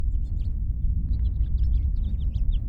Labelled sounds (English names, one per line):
House Finch song